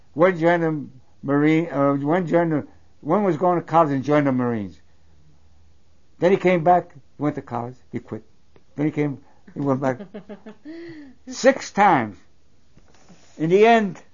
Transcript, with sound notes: One joined the Marines, one joined the, one was going to college and joined the Marines. Then he came back, went to college, he quit. Then he came, he went back. (laughs) Six times. In the end,